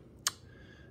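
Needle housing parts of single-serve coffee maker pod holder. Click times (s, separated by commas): 0.3 s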